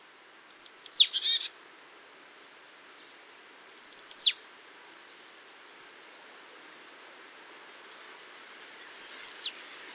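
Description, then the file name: Marsh tit calls: sharp high notes slurring steeply downward, the first group ending in a short buzzy rattle, given in bursts a few seconds apart with faint soft chips between. "Poecile palustris"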